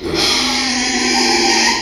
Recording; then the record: squeal of a Yucatan mini pig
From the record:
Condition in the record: after surgery on the right vocal fold (resection and tissue-engineered implant); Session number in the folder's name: 2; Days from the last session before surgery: 13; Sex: male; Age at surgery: 12 weeks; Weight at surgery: 13 kg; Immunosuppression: cyclosporine, prednisolone